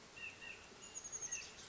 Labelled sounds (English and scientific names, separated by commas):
Chestnut-backed Chickadee (Poecile rufescens)